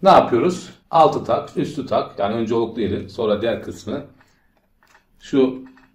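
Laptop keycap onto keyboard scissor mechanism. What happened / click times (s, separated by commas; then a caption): Handled, not yet seated: no snap of a small plastic part is heard / none. A plastic laptop keycap is being refitted onto its keyboard scissor mechanism, hooking the grooved side first and then the other side, while someone talks for most of the clip. A faint brief tick comes at about 4.8 s during a pause. Nothing has seated or clicked yet.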